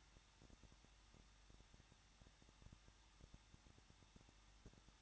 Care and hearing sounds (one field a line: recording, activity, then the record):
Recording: daily activity, microphone in the room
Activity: no activity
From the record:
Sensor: 3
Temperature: 21.2 degrees Celsius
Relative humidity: 36.3%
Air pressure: 1006.3 hPa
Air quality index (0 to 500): 221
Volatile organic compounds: 40 ppm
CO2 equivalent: 3156 ppm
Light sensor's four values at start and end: 2/3/2/2 and 2/3/2/2